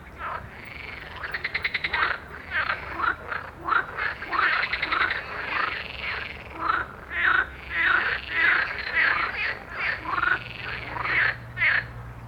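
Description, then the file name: Frogs calling in a dense chorus, many overlapping croaks repeated rapidly. "Sodros Frog Chorus"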